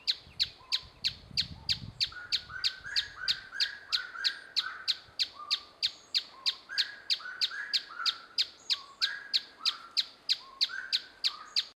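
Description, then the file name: Tapaculo singing a long, very regular series of sharp repeated notes, about three per second, each with a lower tone that steps up and down, a brief low rumble early on. "Canto do tapaculo ferreirinho"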